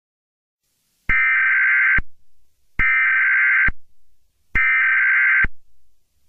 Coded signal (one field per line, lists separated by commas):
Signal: Emergency Alert System (SAME) tones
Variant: header bursts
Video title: EAS Scenario #5: Black Hole (REMASTERED)